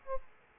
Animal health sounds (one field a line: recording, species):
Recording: mosquito wingbeat signal from an infrared sensor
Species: Aedes aegypti